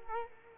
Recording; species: mosquito wingbeat signal from an infrared sensor; Culex quinquefasciatus